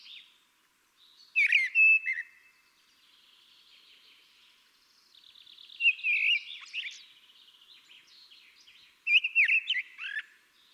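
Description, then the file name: Common blackbird delivering three rich, fluted song phrases with scratchy high endings, with soft trilling in between. "Turdus merula"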